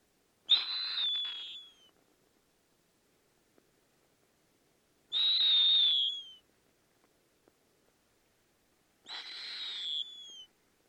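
Snowy owl giving three high, thin whistled screams, each about a second long and slightly falling at the end, spaced roughly four seconds apart with silence between.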